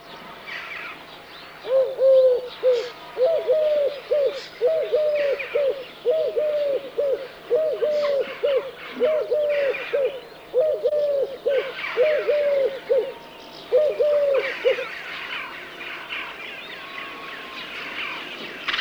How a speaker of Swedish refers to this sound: Det var fasan, nu följer turkduva.